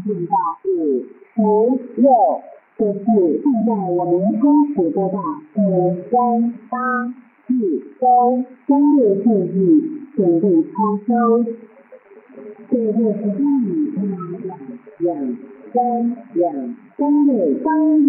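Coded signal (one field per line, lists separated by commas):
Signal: numbers station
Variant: V13, Chinese military reading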